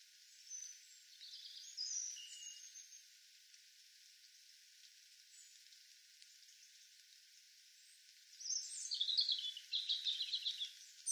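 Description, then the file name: European robin giving faint high notes early, then a clearer, rapid, twittering high phrase near the end over a steady hiss. "Erithacus rubecula"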